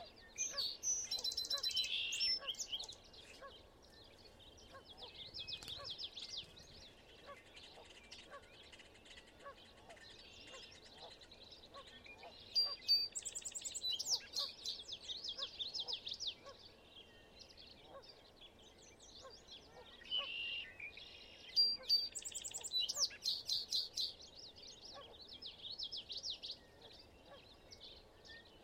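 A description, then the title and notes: Marsh birdsong fills a wetland morning, with bright, dense chirps and trills overlapping almost without pause. Louder bursts of song come around 1–3, 13–15 and 20–24 seconds, while fainter calls and a low, quiet hush sit steadily underneath. Okanogan Wetland Morning. It was a cool, crisp Spring morning, but the life and voices of the marsh and lake were as active as always. The wind was light, and the cool air helped project voices across the lake.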